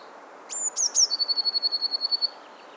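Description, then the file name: Eurasian blue tit song with a high whistled introduction, two dropping notes and a long rapid trill of about twelve pulses at steady pitch. "Cyanistes caeruleus"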